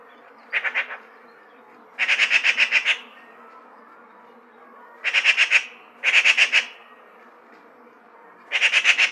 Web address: сорока